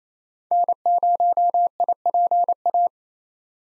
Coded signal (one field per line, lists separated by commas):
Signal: Morse code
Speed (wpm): 28 wpm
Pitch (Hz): 700 Hz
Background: none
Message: N0IPA